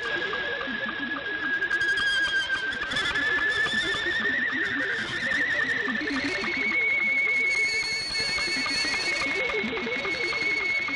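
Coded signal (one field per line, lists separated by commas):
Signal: SSTV (slow-scan television)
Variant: with Thor 22 text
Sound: warbling high scanning tone with rapid regular ticks, plus low stepping tones underneath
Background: shortwave radio static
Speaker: they were going to transmit sstv in Thor 22 data simultaneously for their next DX headlines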